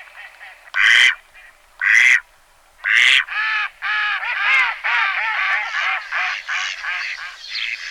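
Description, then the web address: Mallard calls: three loud harsh squawks about a second apart, followed by a long busy run of overlapping nasal quacks. "sons oiseaux colvert"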